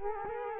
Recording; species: mosquito wingbeat signal from an infrared sensor; Culex quinquefasciatus